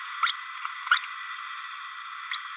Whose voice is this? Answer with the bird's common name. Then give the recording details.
Green-rumped Parrotlet. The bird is a male. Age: 31 days. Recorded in a nest box in Venezuela. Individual 17B32A6